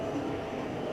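A crimped terminal on a white wire is being handled and lined up to push into a plastic connector housing for an arcade steering wheel button harness. Only a steady, even background noise is heard, with no sharp sounds. The terminal has not clicked or seated into the housing yet.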